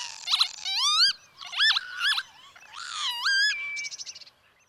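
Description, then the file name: Northern lapwing calls: a rapid series of wheezy, slurred notes that sweep up and then drop, with one brief steady whine near the end, in quiet surroundings. "kievit"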